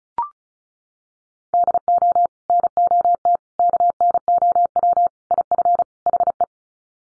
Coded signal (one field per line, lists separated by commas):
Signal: Morse code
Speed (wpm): 34 wpm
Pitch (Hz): 700 Hz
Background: none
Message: DO NOT KNOW IF HE